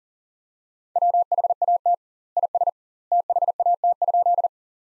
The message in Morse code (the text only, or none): WHAT IS THAT?